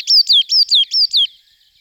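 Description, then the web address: Coal tit singing one short strophe of six quick, high, down-slurred notes, then falling silent. Song, recorded in 2004. "gesang. roche 2004 tannenmeise"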